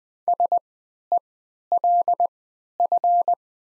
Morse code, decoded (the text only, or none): SELF